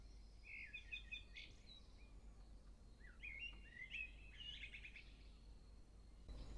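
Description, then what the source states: Nightingale song: quick runs of chirps and slurred whistles with a short pause between, over low steady background noise. Stavanger.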